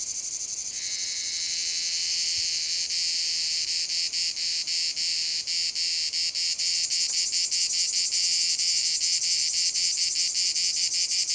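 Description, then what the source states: Cicada chorus, a dense high buzzing with rapid pulsing that grows more distinct after the first seconds, steady and unbroken throughout. Cicadas in a field at Domaine de la Sablière, Saint-Privat-de-Champclos, France; recorded with a Zoom H6 and M/S microphone.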